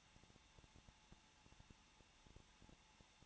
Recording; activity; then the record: daily activity, microphone in the room; no activity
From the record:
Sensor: 1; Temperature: 20.1 degrees Celsius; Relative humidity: 39.4%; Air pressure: 1006.3 hPa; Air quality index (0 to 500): 219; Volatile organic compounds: 83 ppm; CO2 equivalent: 3628 ppm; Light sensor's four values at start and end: 1/2/1/1 and 1/2/1/1